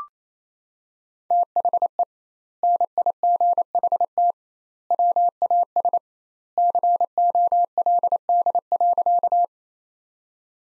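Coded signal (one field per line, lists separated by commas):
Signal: Morse code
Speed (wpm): 28 wpm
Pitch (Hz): 700 Hz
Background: none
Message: THE NIGHT WAS COLD.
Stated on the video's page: Morse practice sentences built from the top 400 words, sent at 28 wpm with twice the standard word spacing, a word-level Farnsworth-style approach.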